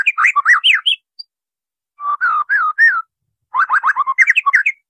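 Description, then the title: White-rumped shama singing three short bursts of fluty, slurred whistles and chattering notes separated by brief pauses. Training song recording (masteran) for caged birds; titled "labaik". "MURAI BATU LABAIK"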